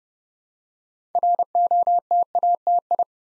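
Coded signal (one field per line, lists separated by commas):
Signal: Morse code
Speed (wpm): 30 wpm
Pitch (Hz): 700 Hz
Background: none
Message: ROTATI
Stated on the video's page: Beginner Morse practice building 8-letter words three letters at a time at 30 wpm, for instant character recognition.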